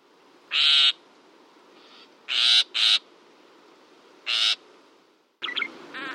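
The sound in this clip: Northern shrike giving harsh, buzzy bursts: four separate rasping notes spaced irregularly over a few seconds, then softer scratchy sounds near the end.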